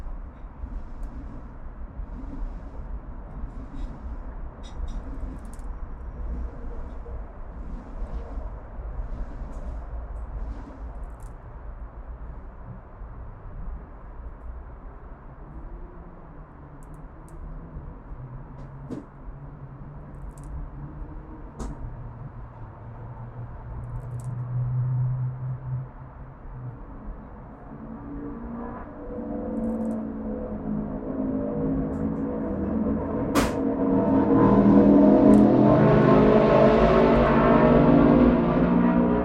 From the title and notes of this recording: Urban Backyard - Oakland, CA. Zoom H6 XY Stereo Mic Capsule. Unbranded Mini Mic Stand. Magnetic Microphone Mounts.